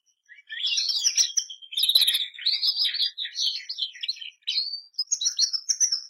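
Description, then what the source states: Canary (Bernois): canary giving a softer, warbling twittering song of mixed chirps and short slurred notes, steady and continuous, without loud trills. Bernois breed canary.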